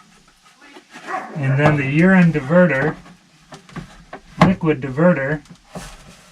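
Someone talks while handling a cut-out plastic bucket piece, a urine (liquid) diverter, that is to be pressed onto a compost toilet lid. Between the spoken phrases, brief soft knocks of plastic handling are heard around 3.7, 3.8 and 4.1 seconds. Nothing has seated or clicked yet; the diverter is not yet locked onto the lid.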